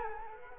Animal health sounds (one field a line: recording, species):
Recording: mosquito wingbeat signal from an infrared sensor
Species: Culex quinquefasciatus